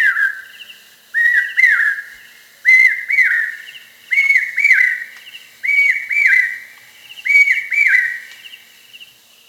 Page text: Common Hawk Cuckoo Song. Quick Sounds